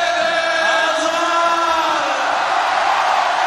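A large crowd of fans in the Grand Place, Brussels, cheers and roars continuously as Belgian national football team players, World Cup bronze medallists, are called one by one onto the town hall balcony. A dense wash of shouting and whooping voices stays loud and steady throughout, with a few rising yells standing out.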